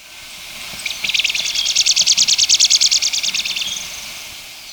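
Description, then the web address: White-sided flowerpiercer call, a quick series of many thin high notes, building in loudness mid-run and tapering off after about three seconds. Ecuador. "Natures Songs S America Birds of Ecuador. White-Sided Flowerpiercer"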